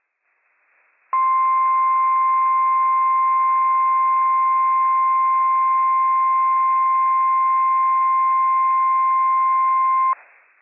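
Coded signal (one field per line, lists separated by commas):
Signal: Emergency Alert System (SAME) tones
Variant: 1050 Hz attention tone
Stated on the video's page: Operational Required Weekly Test from NWS Pendleton on NOAA Weather Radio station WWF56, for Washington counties.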